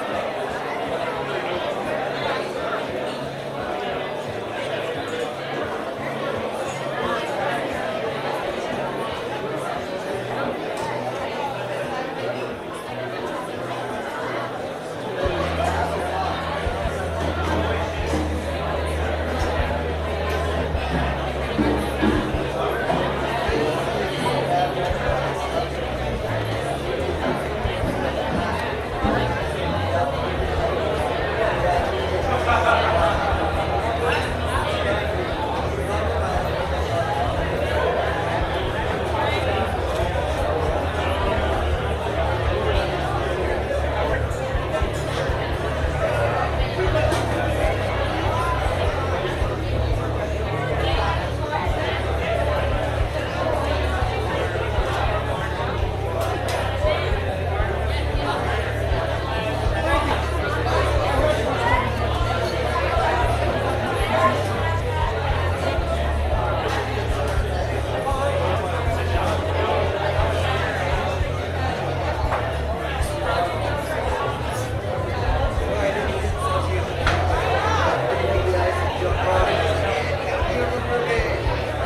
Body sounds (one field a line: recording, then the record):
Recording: background sound without coughing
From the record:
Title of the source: CITY SOUNDS Busy Bar in the Evening Night - 2 HOURS of Ambiance for Relaxation